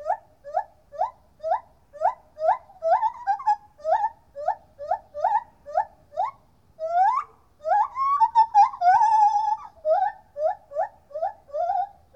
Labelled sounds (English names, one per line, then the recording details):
Lar Gibbon
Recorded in captivity
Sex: male
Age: adult
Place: Tierpark Berlin, Berlin, DE
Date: 1969-08-26
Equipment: Uher 4200 Report Stereo, Transistorverstärker II, Sennheiser MD 421, Doppelspuraufnahme
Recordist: Tembrock, Günter
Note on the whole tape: Rufreihen des Männchens, dabei stete Ortsveränderung (Abstand ca. 5 m)